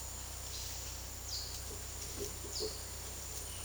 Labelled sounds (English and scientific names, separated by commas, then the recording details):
none
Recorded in secondary vegetation near Puerto Asís, Putumayo, Colombia, on 19 February 2024 at 14:00
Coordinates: 0.489, -76.322
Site G6419